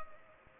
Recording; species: mosquito wingbeat signal from an infrared sensor; Culex pipiens